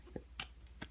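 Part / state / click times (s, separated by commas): focus collar locking on a headlamp head / not seated / none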